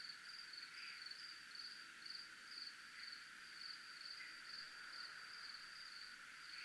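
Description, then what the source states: Cricket trilling in a high, unbroken stream of fast pulses, with faint lower buzzes drifting in behind. Recorded in a military zone.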